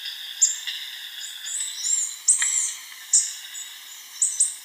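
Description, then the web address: Rufous-rumped Antwren gives high, thin, sharp notes, some doubled, mixed with softer high twitters over a constant insect drone. Ecuador. "Birds of Ecuador. Rufous-rumped Antwren"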